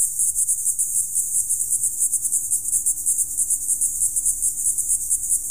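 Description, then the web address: Insects singing a high, pulsing chorus, beats coming quickly and evenly, with a faint steady hum and low rumble beneath. Summer evening. "suono di una serata estiva insetti forte tuono"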